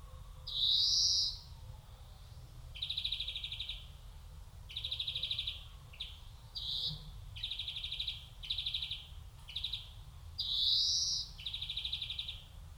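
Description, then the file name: European greenfinch calling: rapid rattling trills with two long, wheezy rising 'dzweee' notes, one near the start and one near the end, with a low steady rumble underneath. "Chloris chloris"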